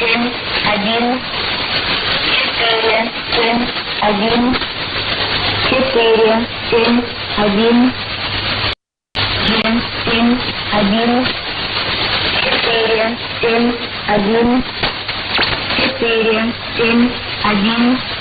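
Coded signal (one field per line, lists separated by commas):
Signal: numbers station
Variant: S06s Russian Lady, Russian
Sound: woman's voice reading short groups of Russian numbers, repeated evenly over and over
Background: radio static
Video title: 27 09 2017 Numbers station S06s Russian Lady in Russian to Eu 0830 on 9255 unknown tx site in CUSB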